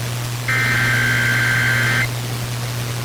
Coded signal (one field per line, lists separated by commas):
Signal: Emergency Alert System (SAME) tones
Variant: header bursts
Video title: EAS #4,000!!! EAS Alerts from 4/15/24 - 4/24/24 (EAS #3,995 - 4,011)